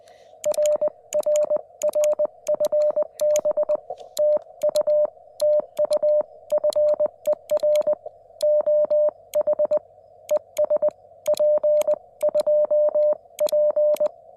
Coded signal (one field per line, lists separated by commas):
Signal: Morse code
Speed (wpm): 20 wpm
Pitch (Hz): 590 Hz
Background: none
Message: RRR FB TU TU FER OH ES P2P